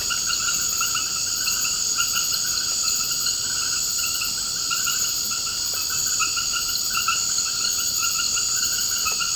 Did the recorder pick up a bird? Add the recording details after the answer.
no. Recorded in secondary vegetation near Puerto Asís, Putumayo, Colombia, on 24 March 2025 at 19:30. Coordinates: 0.488, -76.319. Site G095